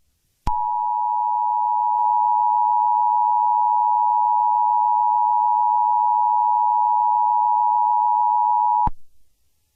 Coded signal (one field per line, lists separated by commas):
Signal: Emergency Alert System (SAME) tones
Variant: 853 and 960 Hz attention tone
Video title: [OLD] EAS Mock: The Louisville Tornado from Mayfield.